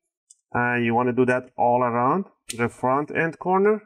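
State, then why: Released. A guitar pick is worked around the edge of a Huawei Matebook D16 AMD laptop's bottom casing and flipped toward the screen, and a plastic retaining clip pops free of the chassis with a short, sharp click at 0.3 s. After the click, someone talks, and the bottom case clip is released.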